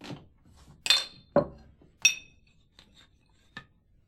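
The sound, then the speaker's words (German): Glasses clink several times in an irregular rhythm as drinks are being made, bright ringing chinks mixed with a few duller knocks, with quiet gaps between them and no one talking. “Ich mache uns was zu trinken.”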